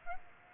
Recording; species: mosquito wingbeat signal from an infrared sensor; Aedes aegypti